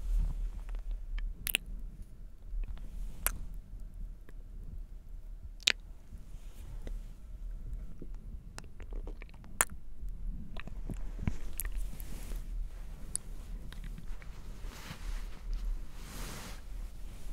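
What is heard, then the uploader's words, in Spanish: Mouth sounds with sharp clicks and smacks every second or two, sticky handling noises, over a steady low rumble throughout. Sonidos de boca y algunos de manos y miel.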